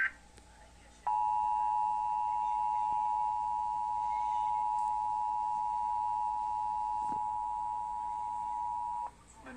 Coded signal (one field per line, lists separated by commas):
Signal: Emergency Alert System (SAME) tones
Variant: 853 and 960 Hz attention tone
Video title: Severe Thunderstorm Warning on NJPBS (EAS #140)